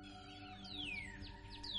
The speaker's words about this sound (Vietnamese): Trời sáng, những con chim đang hót líu lo trên những cành cây, người đi chợ, người đi bán.